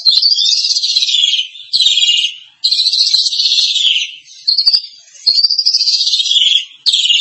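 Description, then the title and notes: Starling song made of grating, buzzy screeches in long phrases, separated by short pauses. "suara burung jalak"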